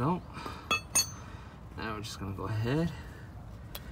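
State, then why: Not seated. After replacing the downstream (bank 1 sensor 2) oxygen sensor, someone handles its electrical connector to plug it into the vehicle wiring harness connector while someone talks. Brief sharp clinks come through near 0.7 s and 3.8 s. The connector has not clicked or seated yet.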